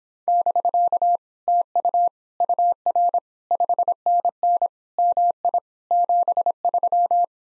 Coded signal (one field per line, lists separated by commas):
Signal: Morse code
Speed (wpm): 26 wpm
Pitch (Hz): 700 Hz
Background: none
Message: <BK> TU UR 5NN MI 73